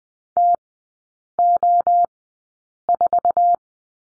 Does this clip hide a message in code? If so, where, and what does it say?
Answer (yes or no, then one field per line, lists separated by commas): yes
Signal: Morse code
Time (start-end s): 0.4-3.6 s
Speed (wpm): 20 wpm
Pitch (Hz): 700 Hz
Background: none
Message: TO4